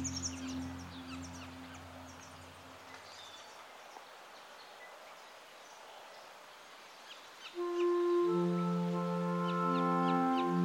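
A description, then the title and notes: Along the Anza Trail by the Santa Cruz River, birds chirp over a faint hush while a low engine hum fades, then a humming drone swells near the end. Tubac, AZ on the historic Anza Trail, which meanders here along the Santa Cruz River.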